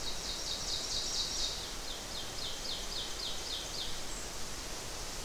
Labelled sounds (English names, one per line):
Ovenbird song